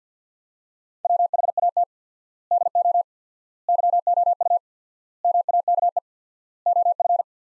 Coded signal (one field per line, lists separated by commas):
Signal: Morse code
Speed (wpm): 50 wpm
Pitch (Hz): 700 Hz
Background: none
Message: WHAT DO YOU MAKE OF